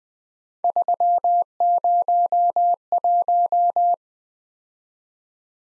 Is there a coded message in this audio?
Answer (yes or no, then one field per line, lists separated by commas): yes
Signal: Morse code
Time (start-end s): 0.6-3.9 s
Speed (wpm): 20 wpm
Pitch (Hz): 700 Hz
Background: none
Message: 301